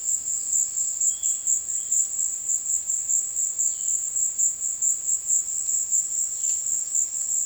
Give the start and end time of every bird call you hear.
1.07s-7.45s: Epaulet Oriole (2.2-5.6 kHz)

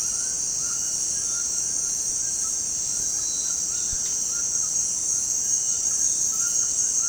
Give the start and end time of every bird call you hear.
0.00s-7.08s: White-throated Toucan (0.7-3.6 kHz)

